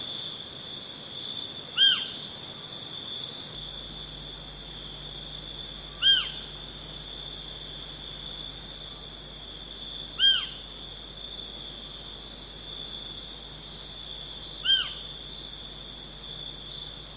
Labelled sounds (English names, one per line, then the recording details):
Little Owl
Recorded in the wild
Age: adult
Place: SI
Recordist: Brunner, Thomas
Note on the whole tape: Aufnahme: in den 70er Jahren, Nähe von Görz, bei Pepe Onkel, Slowenien